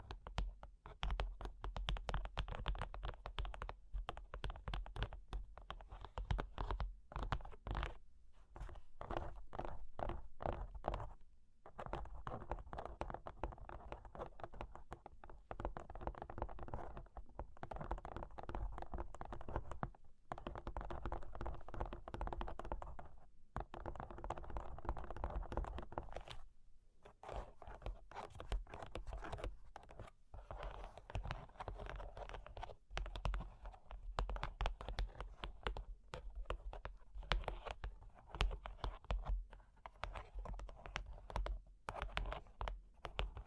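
Cork and wood are tapped, scratched and traced in a dense, uneven stream of small clicks and rasps across the whole clip. Short gaps break it up, with clearer pauses near 11, 20, 23 and 27 seconds, and a low steady hum runs underneath.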